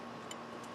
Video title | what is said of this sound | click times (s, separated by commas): Subaru P0519 Code - Replacing the Neutral Switch | where it goes Clicks in place and all we have left to do is put the air cleaner back on | 0.3 s